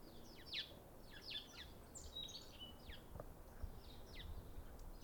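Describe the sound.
Bird calls: brief, high chirps and downslurred notes in an irregular run, over a low, rumbling background noise.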